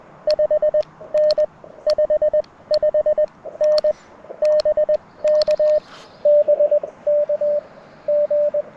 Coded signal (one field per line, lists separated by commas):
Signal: Morse code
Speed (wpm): 20 wpm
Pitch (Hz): 610 Hz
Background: radio noise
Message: 5N 55N BK BK G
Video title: QRP CW POTA Activation - 9/19/23 @ Tuskegee National Forest (K-4451)